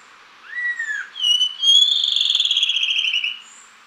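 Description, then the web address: Black-winged Saltator song phrase: an arched whistled note, a short slur, then a long wavering, warbled whistle. Ecuador. "Natures Songs S America Birds of Ecuador, Black-winged Saltator"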